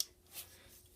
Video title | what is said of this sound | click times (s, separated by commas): Transformers Age of Extinction Voyager Class: Grimlock | and you want to flip this up and tabs in just like so you hear that click | 0.0 s